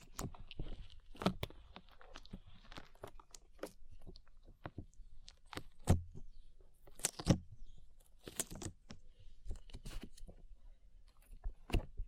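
Slime being squished and pulled, with sharp sticky pops and crackles arriving every half second or so. Bursts cluster around six, seven and eight seconds, with quieter wet squelching filling the gaps between them.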